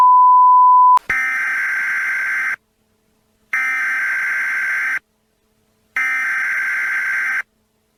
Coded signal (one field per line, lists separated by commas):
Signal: Emergency Alert System (SAME) tones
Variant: header bursts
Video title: recording_9 eas_alert